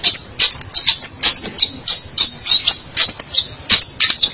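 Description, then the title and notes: Long-tailed shrike song of dense, high, slurred whistles and chirps, tumbling quickly without pause. Dated 201703 (March 2017). "Pentet 201703. Suara burung pentet"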